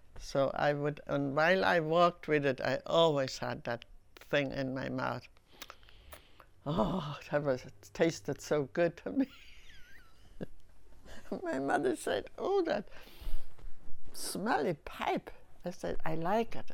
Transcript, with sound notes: So I would, and while I walked with it I always had that thing in my mouth. Oh, that was, tasted so good to me. (she laughs) My mother said, "Oh, that smelly pipe." I said, "I like it.